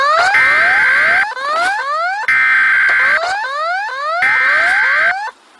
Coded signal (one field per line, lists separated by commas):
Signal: Emergency Alert System (SAME) tones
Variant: header bursts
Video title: Eas Alarm A-F